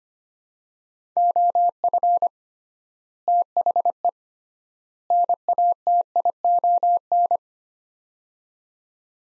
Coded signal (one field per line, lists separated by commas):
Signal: Morse code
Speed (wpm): 25 wpm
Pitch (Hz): 700 Hz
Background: none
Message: OF THE NATION